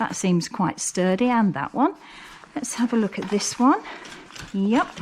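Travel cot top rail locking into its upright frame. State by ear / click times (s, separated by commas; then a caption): not seated / none. Someone talks while pulling up the sides of a folding Hauck travel cot so its horizontal top rails lock into the upright frame, checking one rail after another, with faint handling noise in the pauses. The next side rail has not clicked into place yet.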